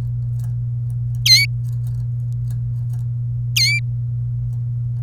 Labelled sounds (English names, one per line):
Domestic Canary song